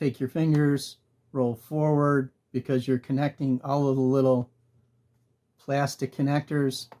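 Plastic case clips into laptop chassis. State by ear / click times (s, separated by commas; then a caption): not seated / none. Fingers press and roll forward along the plastic bottom case of an HP 15-bw011dx laptop to line up the little plastic clips around its edge with the chassis. Someone talks throughout, and no clip has snapped or seated into place yet.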